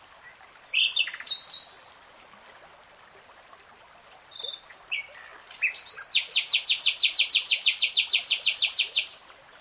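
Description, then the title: Nightingale song: scattered whistles and chirps, then a long rapid train of about twenty buzzy, rattling repeated notes. Nightingale singing in real time. "[Tiếng chim hót] 3 Hours REALTIME Nightingale Singing"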